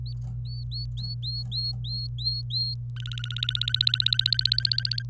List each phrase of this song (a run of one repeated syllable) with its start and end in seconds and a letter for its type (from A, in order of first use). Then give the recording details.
0.06-0.13 A, 0.45-2.74 A, 2.96-5.02 B. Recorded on 26 April 2018 at 06:16. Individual llb3